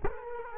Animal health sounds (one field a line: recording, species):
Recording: mosquito wingbeat signal from an infrared sensor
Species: Culex quinquefasciatus